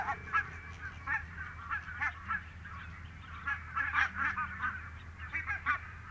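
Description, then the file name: Barnacle goose: barnacle geese giving short, barking yelps in scattered bursts, with a steady low hum underneath. "valkoposkihanhi"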